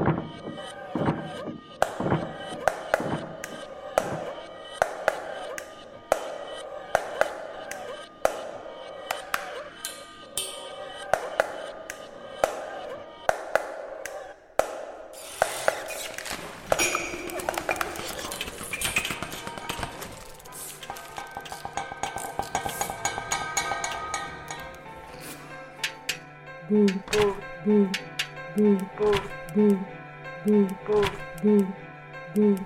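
A walk through school corridors, full of sharp clicks, ratcheting and mechanical knocks over faint voices and sustained tones. Around 15 to 20 seconds a busier, brighter clatter swells, then from about 27 seconds a short two-note chime repeats at a steady pace.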